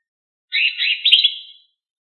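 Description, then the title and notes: Leafbird producing a single brief, dense burst of tangled chirping notes lasting about a second, with nothing else heard. "CCKIJDaunKecil. Cucak Ijo"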